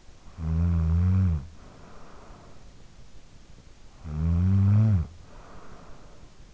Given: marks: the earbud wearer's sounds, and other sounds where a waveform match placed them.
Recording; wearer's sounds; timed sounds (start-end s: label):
sounds in sleep by an in-ear microphone; snoring breath
0.05-2.86 s: snoring breath
3.75-6.54 s: snoring breath